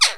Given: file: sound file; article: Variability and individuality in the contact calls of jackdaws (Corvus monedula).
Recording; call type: jackdaw call; harmonic